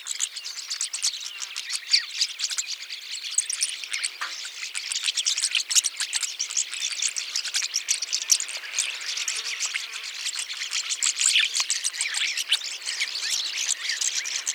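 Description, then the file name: Rosy starling chattering song, a long, even wash of harsh buzzy notes and ticks continuing without pause. "jalak mawar"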